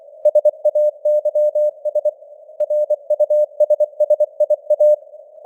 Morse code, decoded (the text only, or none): SAYS RUSSIA